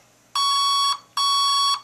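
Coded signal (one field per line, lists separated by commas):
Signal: beep code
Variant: HobbyKing Red Brick ESC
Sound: two long, slightly buzzy electronic beeps, about half a second each, with a short gap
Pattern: 2 long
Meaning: Long beeps signal exiting the ESC programming mode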